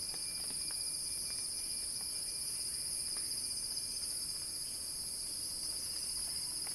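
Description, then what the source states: Cicadas buzzing in a constant, shimmering high drone without a break, with a faint thin tone and light clicks beneath. Cicada song building in a crescendo.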